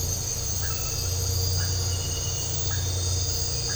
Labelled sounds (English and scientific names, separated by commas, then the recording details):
none
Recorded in dense forest near Puerto Asís, Putumayo, Colombia, on 13 March 2025 at 01:30
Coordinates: 0.468, -76.322
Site GP01